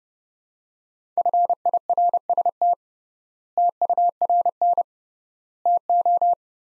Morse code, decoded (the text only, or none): FIRST TURN TO